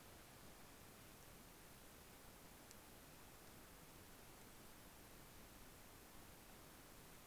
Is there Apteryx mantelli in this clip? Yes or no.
no